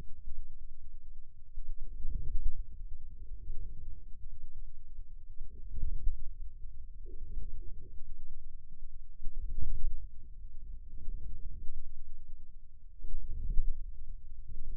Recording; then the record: forearm muscle sounds (acoustic myography)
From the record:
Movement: inward rotation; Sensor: system 2, bracelet of six BSWA MPA416 microphones around the upper forearm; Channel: 2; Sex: male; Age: 22 years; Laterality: right